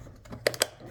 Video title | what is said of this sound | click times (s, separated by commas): Best Commercial Vacuum Cleaner CleanMax Champ CMP-5T Upright Bagged Church School by Classic Vacuum | Click into place. | 0.5 s, 0.6 s